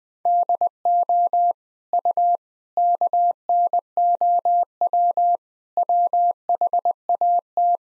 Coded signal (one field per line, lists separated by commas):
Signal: Morse code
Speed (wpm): 20 wpm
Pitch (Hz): 700 Hz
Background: none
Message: DO U KNOW WHAT